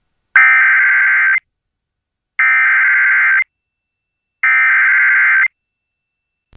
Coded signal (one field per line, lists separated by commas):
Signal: Emergency Alert System (SAME) tones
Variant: header bursts